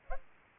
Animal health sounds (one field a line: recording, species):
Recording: mosquito wingbeat signal from an infrared sensor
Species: Aedes albopictus